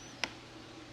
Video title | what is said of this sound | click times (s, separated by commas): CHEAP VS EXPENSIVE SKIFF - ($800 vs $8000) | fold up and down. They click into place. | 0.2 s